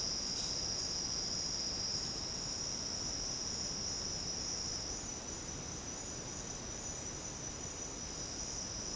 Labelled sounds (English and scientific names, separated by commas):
none